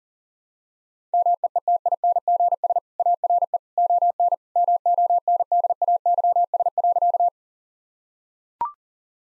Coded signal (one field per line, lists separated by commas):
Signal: Morse code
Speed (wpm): 40 wpm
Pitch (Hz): 700 Hz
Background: none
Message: MEETINGS ARE ON MONDAYS.